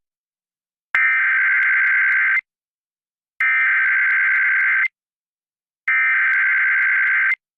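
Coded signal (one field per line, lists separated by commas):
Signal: Emergency Alert System (SAME) tones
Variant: header bursts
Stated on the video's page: California Amber Alert tones relayed on AM broadcast radio via IPAWS and via NOAA Weather Radio in Los Angeles County.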